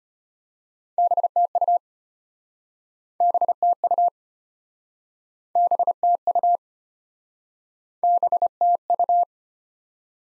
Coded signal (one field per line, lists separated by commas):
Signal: Morse code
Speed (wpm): 33 wpm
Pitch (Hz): 700 Hz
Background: none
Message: BTU BTU BTU BTU